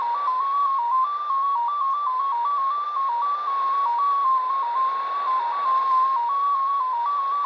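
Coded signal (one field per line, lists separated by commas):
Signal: numbers station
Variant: XPA2 MFSK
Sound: a single warbling tone hopping between a few pitches around 1 kHz, over hiss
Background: radio static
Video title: Degen DE-1103 - XPA2 18/12/2022 1130 UTC 17451kHz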